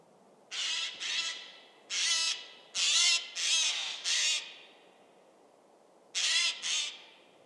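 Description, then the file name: Eurasian jay giving eight harsh, rasping screeches in about seven seconds, with a pause before the last two; no other clear sounds. "Garrulus glandarius"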